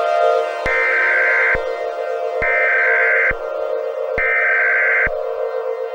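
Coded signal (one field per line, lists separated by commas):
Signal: Emergency Alert System (SAME) tones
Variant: header bursts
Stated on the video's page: Fictional EAS scenario of a nuclear disaster in Illinois caused by a tornado.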